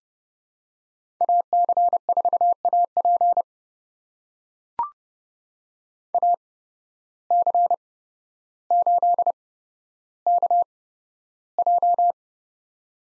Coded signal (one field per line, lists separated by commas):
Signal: Morse code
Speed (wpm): 30 wpm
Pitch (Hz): 700 Hz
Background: none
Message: AC4AP AC8KJ